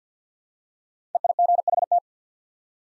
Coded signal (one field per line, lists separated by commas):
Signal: Morse code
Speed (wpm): 47 wpm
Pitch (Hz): 700 Hz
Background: none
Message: EIGHT